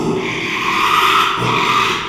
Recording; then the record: squeal of a Yucatan mini pig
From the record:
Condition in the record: after surgery on the right vocal fold (resection and tissue-engineered implant); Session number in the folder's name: 1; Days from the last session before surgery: 6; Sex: male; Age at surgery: 12 weeks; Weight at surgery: 13 kg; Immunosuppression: cyclosporine, prednisolone